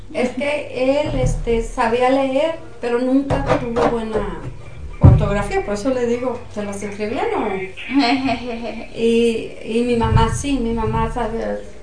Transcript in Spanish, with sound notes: Es que él este, sabía leer, pero nunca tuvo muy buena ortografía, por eso le digo, se las escribían, (risas) y mi mamá sí, mi mamá sabe